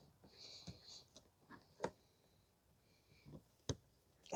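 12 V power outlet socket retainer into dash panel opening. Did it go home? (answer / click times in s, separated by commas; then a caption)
no / none. A plastic 12 V power outlet socket retainer is pushed into its dash panel opening on a 2015 Toyota Sienna AWD 3.5 V6, with short sharp plastic knocks near 1.9 s and 3.7 s over faint rustling and hiss. Nothing has seated or clicked yet: the retainer again fails to lock, with worn plastic blamed.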